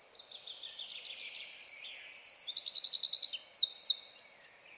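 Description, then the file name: Eurasian wren: a soft buzzy lead-in grows into a loud, fast, high-pitched rattle of repeated notes that rises toward the end. "Troglodytes troglodytes"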